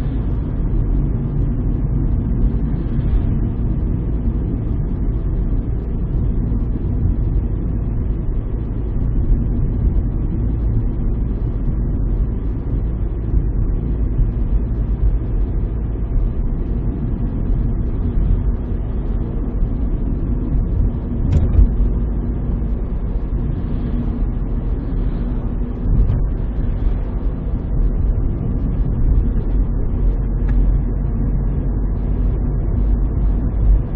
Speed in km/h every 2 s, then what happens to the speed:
43, 43, 42, 42, 42, 42, 42, 43, 45, 46, 46, 47, 47, 49, 50, 54, 56.
0-24 steady at about 43. 24-34 speeds up to 56.